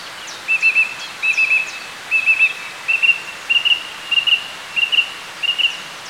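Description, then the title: Song Thrush song, a buzzy whistled note repeated about eight times in a steady series, with faint high chirps early on. "Sylvain Jaskowiak - Mes piafs. Grive musicienne"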